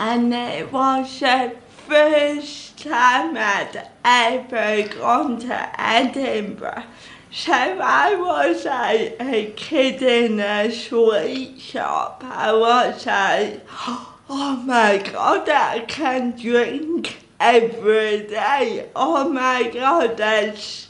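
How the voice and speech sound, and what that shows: Slow, drawn-out speech from an adult woman with stretched vowels and some creaky voicing: dysarthria due to cerebral palsy, present since childhood.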